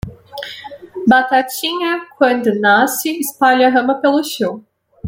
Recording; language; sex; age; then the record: short text; Brazilian Portuguese; female; 20 to 29 years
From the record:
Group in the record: control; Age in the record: 21 years